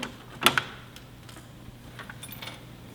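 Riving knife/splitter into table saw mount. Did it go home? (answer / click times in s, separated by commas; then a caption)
yes / 0.5 s, 0.6 s. A metal splitter and anti-kickback assembly on a table saw is pushed into its mounting holes behind the blade. Two sharp metallic clicks at 0.5 s and 0.6 s are followed by a few faint knocks and rattles. The splitter locks in place.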